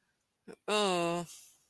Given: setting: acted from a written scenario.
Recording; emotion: vocal sound without words; shame